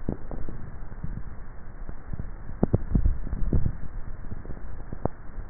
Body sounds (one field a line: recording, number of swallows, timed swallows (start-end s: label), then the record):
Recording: swallowing sounds by neck microphone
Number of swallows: 1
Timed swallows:
2.78-3.58 s: swallow
From the record:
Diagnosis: dysphagia